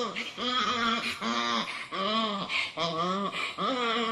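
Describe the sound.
Fossa giving several arched, harmonic mewing wails in quick succession.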